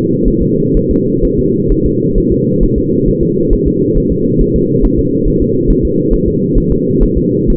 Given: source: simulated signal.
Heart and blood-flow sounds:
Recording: fetal heart sounds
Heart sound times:
0.28 s: S1
0.42 s: S2
0.77 s: S1
0.91 s: S2
1.25 s: S1
1.39 s: S2
1.72 s: S1
1.86 s: S2
2.18 s: S1
2.32 s: S2
2.63 s: S1
2.78 s: S2
3.08 s: S1
3.23 s: S2
3.53 s: S1
3.68 s: S2
3.97 s: S1
4.12 s: S2
4.42 s: S1
4.56 s: S2
4.85 s: S1
4.99 s: S2
5.28 s: S1
5.42 s: S2
5.70 s: S1
5.85 s: S2
6.14 s: S1
6.28 s: S2
6.58 s: S1
6.72 s: S2
7.03 s: S1
7.18 s: S2
7.50 s: S1
From the record:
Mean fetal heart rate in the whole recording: 130 bpm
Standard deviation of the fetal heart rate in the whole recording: 4 bpm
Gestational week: 38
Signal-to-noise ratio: -11.2 dB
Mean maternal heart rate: 72 bpm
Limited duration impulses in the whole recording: present

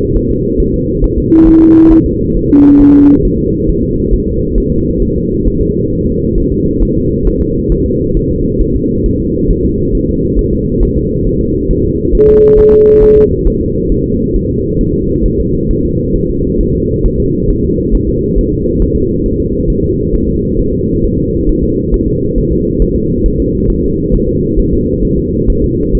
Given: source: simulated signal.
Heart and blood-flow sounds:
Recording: fetal heart sounds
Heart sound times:
0.16 s: S1
0.30 s: S2
0.60 s: S1
0.74 s: S2
1.04 s: S1
1.18 s: S2
1.48 s: S1
1.62 s: S2
1.92 s: S1
2.06 s: S2
2.37 s: S1
2.51 s: S2
2.81 s: S1
2.95 s: S2
3.25 s: S1
3.39 s: S2
3.69 s: S1
3.83 s: S2
4.13 s: S1
4.28 s: S2
4.58 s: S1
4.72 s: S2
5.03 s: S1
5.17 s: S2
5.48 s: S1
5.62 s: S2
5.93 s: S1
6.07 s: S2
6.38 s: S1
6.52 s: S2
6.83 s: S1
6.97 s: S2
7.27 s: S1
7.41 s: S2
7.72 s: S1
7.86 s: S2
8.17 s: S1
8.31 s: S2
8.62 s: S1
8.75 s: S2
9.06 s: S1
9.20 s: S2
9.51 s: S1
9.65 s: S2
9.95 s: S1
10.09 s: S2
10.39 s: S1
10.53 s: S2
10.83 s: S1
10.97 s: S2
11.27 s: S1
11.41 s: S2
11.71 s: S1
11.85 s: S2
12.15 s: S1
12.29 s: S2
12.59 s: S1
12.73 s: S2
13.03 s: S1
13.17 s: S2
13.47 s: S1
13.62 s: S2
13.92 s: S1
14.06 s: S2
14.36 s: S1
14.50 s: S2
14.81 s: S1
14.95 s: S2
15.26 s: S1
15.40 s: S2
15.71 s: S1
15.85 s: S2
16.16 s: S1
16.30 s: S2
16.61 s: S1
16.75 s: S2
17.06 s: S1
17.20 s: S2
17.50 s: S1
17.64 s: S2
17.95 s: S1
18.09 s: S2
18.39 s: S1
18.53 s: S2
18.82 s: S1
18.96 s: S2
19.26 s: S1
19.40 s: S2
19.70 s: S1
19.84 s: S2
20.15 s: S1
20.29 s: S2
20.59 s: S1
20.73 s: S2
21.04 s: S1
21.18 s: S2
21.49 s: S1
21.63 s: S2
21.94 s: S1
22.08 s: S2
22.38 s: S1
22.52 s: S2
22.82 s: S1
22.96 s: S2
23.26 s: S1
23.40 s: S2
23.70 s: S1
23.84 s: S2
24.15 s: S1
24.29 s: S2
24.59 s: S1
24.73 s: S2
25.05 s: S1
25.19 s: S2
25.50 s: S1
25.64 s: S2
25.95 s: S1
From the record:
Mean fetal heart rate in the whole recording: 135 bpm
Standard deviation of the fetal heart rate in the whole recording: 3 bpm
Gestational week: 36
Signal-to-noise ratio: -14.7 dB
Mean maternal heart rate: 72 bpm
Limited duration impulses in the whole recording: present

